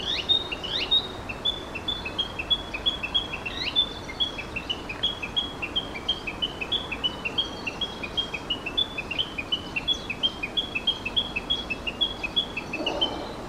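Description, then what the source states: Narcissus flycatcher calling: a long, steady series of short high chips, about three per second, with a few louder rising notes near the start, over soft background hiss. Recorded 1 June 2022.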